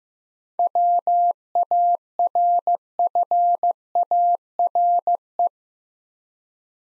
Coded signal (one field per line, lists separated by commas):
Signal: Morse code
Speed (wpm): 16 wpm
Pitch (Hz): 700 Hz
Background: none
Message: WARFARE